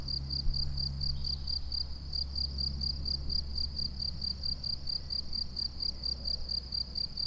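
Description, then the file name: Cricket giving quick, regular high chirps throughout, over a low hum. "grillons"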